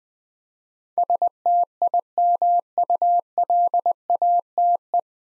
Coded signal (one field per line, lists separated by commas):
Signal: Morse code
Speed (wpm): 20 wpm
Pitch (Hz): 700 Hz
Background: none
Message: STIMULATE